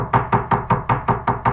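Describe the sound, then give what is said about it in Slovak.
Someone knocks on a door eight times in a quick, even rhythm, each rap sharp and solid with a hollow wooden thud, and no voices. “Kto to klope?”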